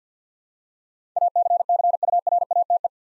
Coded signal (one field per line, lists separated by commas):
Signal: Morse code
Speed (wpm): 50 wpm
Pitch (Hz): 700 Hz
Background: none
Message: ACCURATE